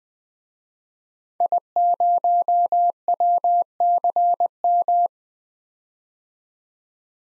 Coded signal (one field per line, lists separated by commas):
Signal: Morse code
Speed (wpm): 20 wpm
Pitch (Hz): 700 Hz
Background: none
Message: I0WCM